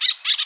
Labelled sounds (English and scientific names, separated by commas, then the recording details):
Brown-throated Parakeet (Eupsittula pertinax) contact call
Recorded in Bonaire
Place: just S of turnoff to Cai, near Lac Bay
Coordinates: 12.126, -68.239